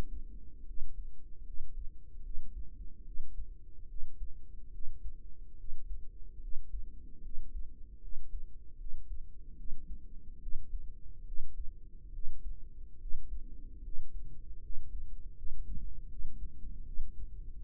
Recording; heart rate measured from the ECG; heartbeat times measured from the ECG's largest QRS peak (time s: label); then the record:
heart sounds by microphone in the right ear; 74 bpm
0.63 s: heartbeat
1.42 s: heartbeat
2.20 s: heartbeat
3.02 s: heartbeat
3.85 s: heartbeat
4.69 s: heartbeat
5.54 s: heartbeat
6.38 s: heartbeat
7.20 s: heartbeat
7.98 s: heartbeat
8.75 s: heartbeat
9.54 s: heartbeat
10.37 s: heartbeat
11.22 s: heartbeat
12.10 s: heartbeat
12.96 s: heartbeat
13.80 s: heartbeat
14.59 s: heartbeat
15.33 s: heartbeat
16.06 s: heartbeat
16.82 s: heartbeat
17.59 s: heartbeat
From the record:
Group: healthy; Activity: rest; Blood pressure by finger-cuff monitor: 120/62 mmHg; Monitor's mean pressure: 78 mmHg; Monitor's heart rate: 73 bpm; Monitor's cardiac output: 5.9 L/min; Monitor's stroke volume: 80 mL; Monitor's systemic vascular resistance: 950 dyn s/cm5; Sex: female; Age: 32 years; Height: 168 cm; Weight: 61.9 kg